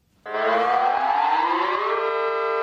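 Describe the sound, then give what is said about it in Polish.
A loud, steady civil defense alarm siren starts abruptly and holds a rich harmonic wail, its pitch slowly rising before leveling off, with no voices. Sounded in Lublin at noon as funeral ceremonies began, after the city bugle call was played from the town hall balcony. “W Lublinie w południe, gdy zaczynały się uroczystości pogrzebowe, z balkonu ratusza został odegrany hejnał miejski, po którym włączono syreny alarmowe.”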